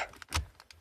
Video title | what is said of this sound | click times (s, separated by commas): Je vous montre la nouvelle voiture de mes grands-parents ( partie 1) | Juste à le clipser. Bon, c'est un peu dur. Et voilà, vous avez tout ça de libre. | 0.4 s